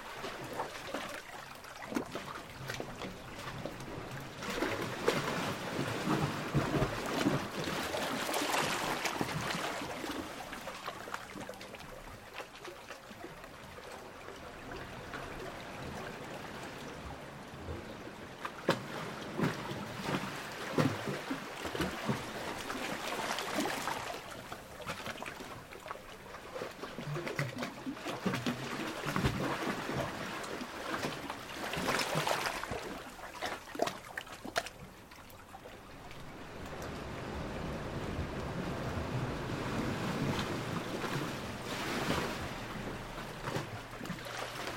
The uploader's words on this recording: Coastal Hollow - The Tunnel. This nice, long chamber was further up the beach from the previous chambers. It had a nice long surge and drain without ever staying full.